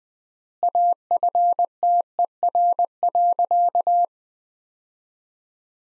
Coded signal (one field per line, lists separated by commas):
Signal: Morse code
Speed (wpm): 20 wpm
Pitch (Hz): 700 Hz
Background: none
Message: AFTER.